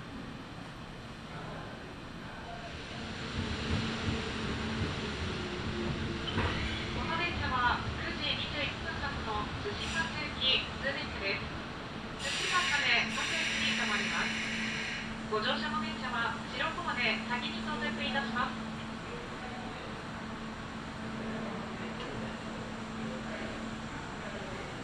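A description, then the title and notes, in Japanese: A Kintetsu Nagoya Line local train rumbles steadily as a voice speaks from about 6 to 19 seconds, over a low hum. 近鉄名古屋線各駅停車 川越富洲原→塩浜。車内はほぼガラガラです。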